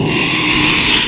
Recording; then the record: squeal of a Yucatan mini pig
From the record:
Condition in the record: after surgery on the right vocal fold (resection and tissue-engineered implant); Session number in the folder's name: 1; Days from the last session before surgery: 6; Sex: male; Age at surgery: 12 weeks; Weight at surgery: 13 kg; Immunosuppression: cyclosporine, prednisolone